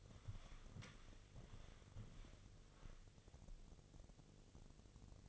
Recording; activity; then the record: daily activity, microphone in the room; walk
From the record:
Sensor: 4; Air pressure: 1001.3 hPa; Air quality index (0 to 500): 178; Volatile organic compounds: 2 ppm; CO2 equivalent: 1279 ppm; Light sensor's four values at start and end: 14/33/13/13 and 14/32/13/13